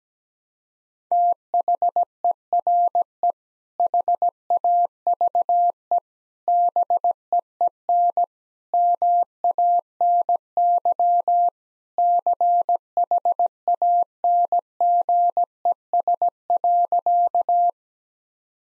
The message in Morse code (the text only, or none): THERE HAVE BEEN MANY CHANGES.